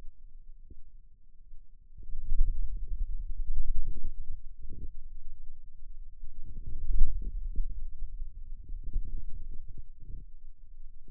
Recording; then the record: forearm muscle sounds (acoustic myography)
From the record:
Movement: radial deviation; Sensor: system 2, bracelet of six BSWA MPA416 microphones around the upper forearm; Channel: 1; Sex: male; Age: 22 years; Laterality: right